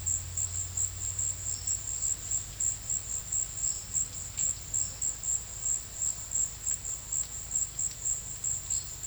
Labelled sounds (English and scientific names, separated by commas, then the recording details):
none
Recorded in secondary vegetation near Puerto Asís, Putumayo, Colombia, on 4 March 2025 at 14:30
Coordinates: 0.498, -76.327
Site G001